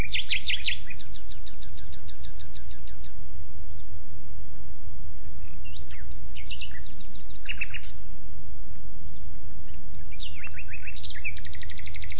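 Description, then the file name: Common nightingale song opening with a loud fast rattle of repeated notes, then scattered whistles and another rapid series, over low steady background noise. "Luscinia megarhynchos"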